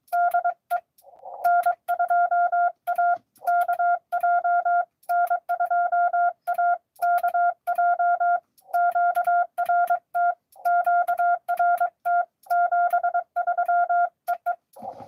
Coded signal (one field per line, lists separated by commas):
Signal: Morse code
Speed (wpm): 23 wpm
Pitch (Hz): 700 Hz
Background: none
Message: DE N2AKJ N2AKJ QRT QRT 73 EE